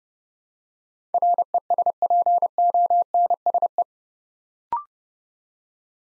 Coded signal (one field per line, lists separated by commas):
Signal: Morse code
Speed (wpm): 30 wpm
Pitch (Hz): 700 Hz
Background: none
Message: RESPONSE